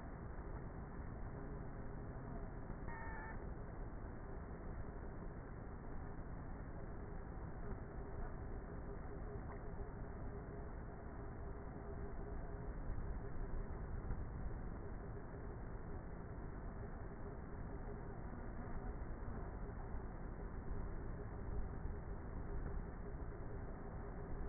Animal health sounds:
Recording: honeybee colony, microphone inside the hive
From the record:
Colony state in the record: queenless with a low population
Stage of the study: before two queens were removed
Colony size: about 30,000 bees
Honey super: no

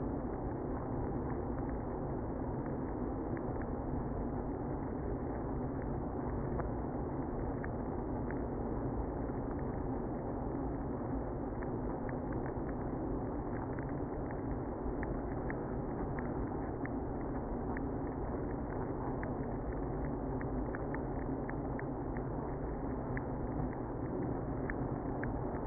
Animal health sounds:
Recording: honeybee colony, microphone inside the hive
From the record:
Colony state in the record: queenless (queen removed)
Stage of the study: after two queens were removed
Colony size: about 60,000 bees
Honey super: yes

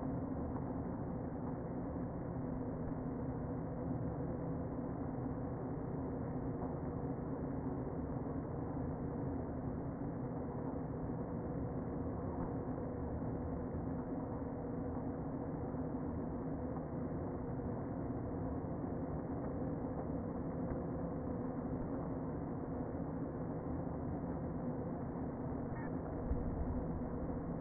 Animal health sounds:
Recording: honeybee colony, microphone inside the hive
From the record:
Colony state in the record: queen present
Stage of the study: before two queens were removed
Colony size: about 60,000 bees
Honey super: yes

